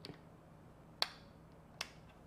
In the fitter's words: there you go so you just gotta bend it and it pops into place and then I don't have